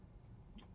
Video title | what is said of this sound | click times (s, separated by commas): Action Force Condor Special Deployment figure unboxing Valaverse. thefrenchspy81 adult collector | green some olive drab green snaps right into the actual holster | 0.6 s